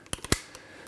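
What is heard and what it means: An Allen key is turned in the rounded-out hex socket of a steel brake rotor set screw in the wheel hub of a BMW E36/E46 M3. The key spins inside the head instead of gripping, giving sharp metallic clicks at 0.1 s and 0.3 s, with fainter ticks around them. The screw head is completely stripped, too far gone for any Allen key to get it out.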